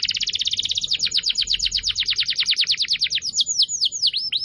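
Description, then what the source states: Atlantic canary song: a very fast tinkling trill that gradually slows into separate, deeper-sweeping whistled notes at the end. Song used as a lure to attract birds.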